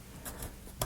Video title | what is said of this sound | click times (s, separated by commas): ROKR Stagecoach Music Box Steps 8-9 | locked in place under those | 0.8 s